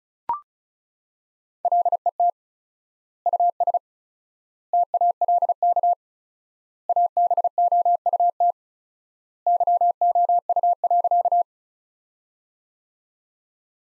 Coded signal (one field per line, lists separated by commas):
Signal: Morse code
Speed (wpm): 36 wpm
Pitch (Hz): 700 Hz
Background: none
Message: LET US TALK ABOUT YOU.